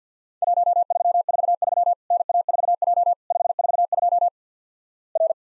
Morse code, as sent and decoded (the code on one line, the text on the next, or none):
.---- ...-- ....- ...-- / -. .- ....- .--- / ..... ....- ..--- / .-.
1343 NA4J 542 R